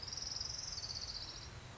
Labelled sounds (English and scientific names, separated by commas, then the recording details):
Orange-crowned Warbler (Leiothlypis celata)
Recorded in Sonoma County, California